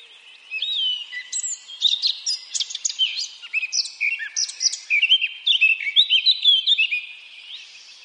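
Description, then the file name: Eurasian blackcap song: a fast, varied warble of high chirps, slurred whistles and rising notes, running almost continuously from about half a second to seven seconds. "Sylvia atricapilla"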